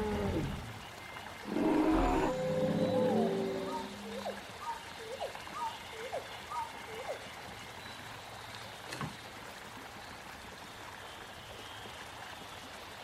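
A prehistoric forest scene opens with a loud, rough roar and low grunting calls in the first four seconds. After that, short rising whoops and chirps repeat every second or so over a steady hiss, with a single sharp snap near nine seconds.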